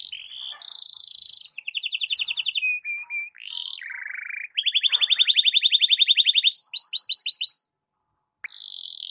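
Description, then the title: Canary song with varied rapid trills, buzzy notes and a long pulsed rattle leading into fast upward sweeps, then a short pause and a steady note. Canary song in the morning, played to warm up Belgian canaries and suited as masteran (song tutoring for other birds). "Canto Para Esquentar Canário Belga. SUARA BURUNG KENARI DI PAGI HARI COCOK BUAT MASTERAN"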